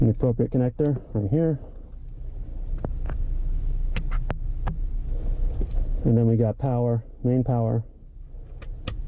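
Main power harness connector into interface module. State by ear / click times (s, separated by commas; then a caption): seated / 8.9 s. Someone talks while plugging the main power connector of a T-harness into a GM dual camera/HDMI interface module (GM-LVDS KIT780), with several short handling ticks in between. The connector clicks into place at 8.9 s, and it is seated.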